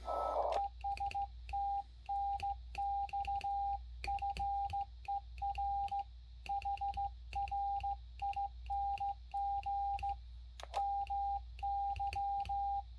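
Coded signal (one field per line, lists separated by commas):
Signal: Morse code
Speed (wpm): 15 wpm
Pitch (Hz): 800 Hz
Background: radio noise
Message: ES TNX FER HRING MY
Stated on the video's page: CW contact on 40m running 650 mW QRPP into a windom antenna; other station ran 200 watts; SKCC exchange; bands improved after bad conditions.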